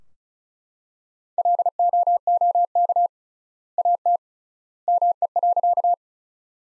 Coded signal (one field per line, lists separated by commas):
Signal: Morse code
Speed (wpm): 36 wpm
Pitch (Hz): 700 Hz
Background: none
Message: LOOK AT ME.